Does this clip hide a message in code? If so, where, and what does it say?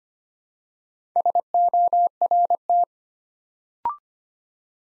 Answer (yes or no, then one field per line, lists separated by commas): yes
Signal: Morse code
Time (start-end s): 1.2-2.8 s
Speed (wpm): 25 wpm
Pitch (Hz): 700 Hz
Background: none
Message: SORT